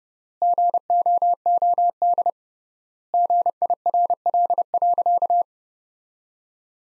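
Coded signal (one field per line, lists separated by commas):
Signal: Morse code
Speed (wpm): 30 wpm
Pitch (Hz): 700 Hz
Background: none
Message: GOOD GIRL.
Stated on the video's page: Morse practice sentences from the top 400 words at 30 wpm, sent with 3x standard word spacing, a Farnsworth-like method.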